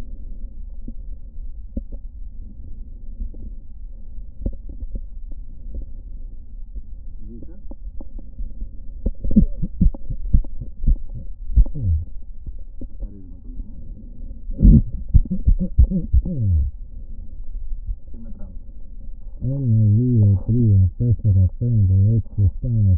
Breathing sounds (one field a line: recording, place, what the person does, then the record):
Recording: lung sounds by stethoscope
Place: right posterior basal chest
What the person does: quiet breathing, then cough and speech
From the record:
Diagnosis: none (healthy)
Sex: male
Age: 60 years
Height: 190 cm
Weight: 150 kg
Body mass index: 41.6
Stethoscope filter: diaphragm mode